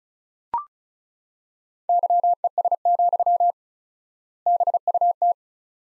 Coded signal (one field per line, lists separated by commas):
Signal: Morse code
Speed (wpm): 35 wpm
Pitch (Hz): 700 Hz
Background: none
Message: YES, BUT